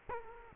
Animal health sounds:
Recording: mosquito wingbeat signal from an infrared sensor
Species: Culex quinquefasciatus

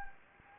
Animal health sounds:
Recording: mosquito wingbeat signal from an infrared sensor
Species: Anopheles gambiae

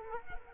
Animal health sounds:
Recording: mosquito wingbeat signal from an infrared sensor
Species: Culex quinquefasciatus

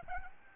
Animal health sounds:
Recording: mosquito wingbeat signal from an infrared sensor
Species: Aedes albopictus

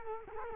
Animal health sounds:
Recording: mosquito wingbeat signal from an infrared sensor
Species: Culex quinquefasciatus

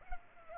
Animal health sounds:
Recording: mosquito wingbeat signal from an infrared sensor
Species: Culex pipiens

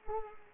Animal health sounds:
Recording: mosquito wingbeat signal from an infrared sensor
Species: Culex pipiens

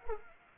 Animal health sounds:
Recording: mosquito wingbeat signal from an infrared sensor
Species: Anopheles arabiensis

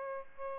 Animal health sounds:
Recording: mosquito wingbeat signal from an infrared sensor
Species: Aedes albopictus

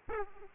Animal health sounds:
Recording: mosquito wingbeat signal from an infrared sensor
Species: Aedes aegypti

